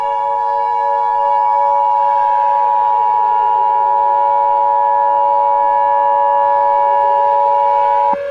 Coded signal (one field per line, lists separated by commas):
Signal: Emergency Alert System (SAME) tones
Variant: 853 and 960 Hz attention tone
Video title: #4 EAS Mock: R-BAT (Halloween 2023)